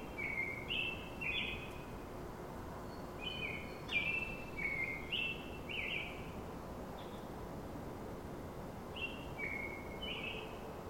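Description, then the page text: American Robin caroling: clear whistled phrases delivered in groups with short pauses, over a soft background hiss. Sung in the morning. "American Robin greets The Morning. Vytautas Bucionis"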